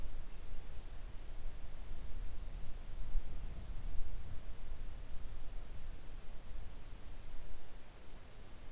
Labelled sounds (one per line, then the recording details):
near silence
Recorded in the Arctic National Wildlife Refuge, Alaska, on 3 August 2019 at 05:10
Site 41